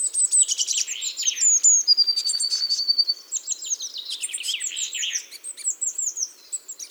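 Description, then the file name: Eurasian blue tit giving high, thin chattering notes mixed with a fast, even trill lasting about a second, with busy twittering throughout. "Cyanistes caeruleus"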